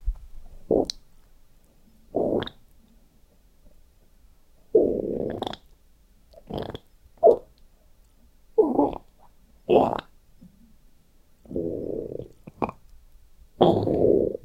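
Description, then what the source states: Chimpanzee giving harsh, hoarse distress calls: irregular bursts of rasping groans and short strained cries separated by pauses. Male chimpanzee, suffering.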